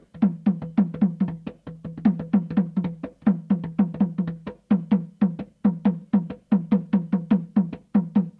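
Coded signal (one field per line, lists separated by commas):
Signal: talking drum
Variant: Saramaka apinti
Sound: fast, continuous low wooden drum strokes in uneven rhythmic groups with slightly shifting pitch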